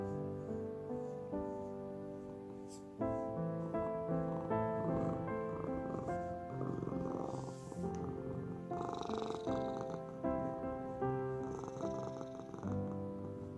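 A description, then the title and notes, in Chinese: A cat's low, steady purr runs underneath calm music built from held, ringing notes. The first three seconds are quieter, then the music swells and shifts chords every second or so, with occasional bright, airy touches drifting in toward the middle. 呼嚕聲打底紓壓音樂。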